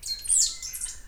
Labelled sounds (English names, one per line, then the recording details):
Stitchbird song
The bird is a male
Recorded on Tiritiri Matangi Island, New Zealand, in 2005
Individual 11, of nest box 13